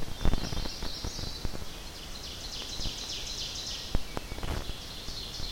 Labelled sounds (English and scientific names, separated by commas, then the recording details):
Ovenbird (Seiurus aurocapilla) song
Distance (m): 75 m
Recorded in boreal forest in Alberta, Canada, on 10 June 2016 at 07:49
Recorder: SongMeter 3, array SBT-3-39
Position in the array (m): 324 m, 145 m
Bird 19